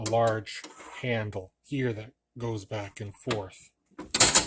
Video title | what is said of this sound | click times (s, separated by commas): Restoration of Craftsman mower deck, Part 2 of 2 | and locks into place that lifts to both the back end and the front end | 4.1 s